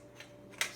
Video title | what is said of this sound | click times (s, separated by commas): How To - Fermented Hot Sauce Recipe | then it sort of snaps into place here it's | 0.6 s